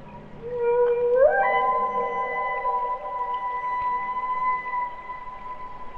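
Humpback whale song: a single rising whoop that swoops upward and then holds a long, steady, harmonic-rich tone for several seconds.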